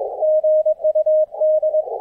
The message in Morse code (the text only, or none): GUD